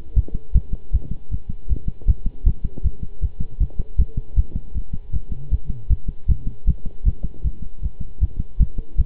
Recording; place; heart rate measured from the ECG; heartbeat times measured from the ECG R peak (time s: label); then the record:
heart sounds by stethoscope; between the tricuspid and mitral areas; 156 bpm
0.16 s: heartbeat
0.54 s: heartbeat
0.93 s: heartbeat
1.31 s: heartbeat
1.69 s: heartbeat
2.07 s: heartbeat
2.46 s: heartbeat
2.84 s: heartbeat
3.22 s: heartbeat
3.60 s: heartbeat
3.98 s: heartbeat
4.36 s: heartbeat
4.74 s: heartbeat
5.13 s: heartbeat
5.51 s: heartbeat
5.90 s: heartbeat
6.28 s: heartbeat
6.67 s: heartbeat
7.05 s: heartbeat
7.44 s: heartbeat
7.82 s: heartbeat
8.21 s: heartbeat
8.59 s: heartbeat
8.98 s: heartbeat
From the record:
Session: pedaling a stationary bicycle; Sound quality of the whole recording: good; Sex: male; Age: 23 years